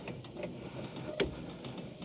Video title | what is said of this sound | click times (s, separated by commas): Wohnwagen Caravan ankuppeln und abkuppeln ✅ Einsteiger tipps mit Alko Antischlinger Anfänger Camping | Jetzt merke ich, wie es langsam einrastet. | 1.2 s